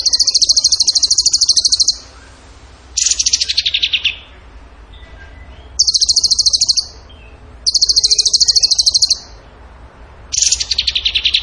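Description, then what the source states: Bird song: loud, fast, high-pitched pulsed trills in repeated bursts, a few sweeping downward, with short silences between. Training recording (masteran) of a bird singing in the gacor tembakan style.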